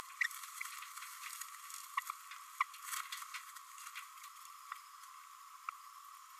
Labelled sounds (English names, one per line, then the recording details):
Green-rumped Parrotlet babbling
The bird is a female
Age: 27 days
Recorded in a nest box in Venezuela
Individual 17B32A5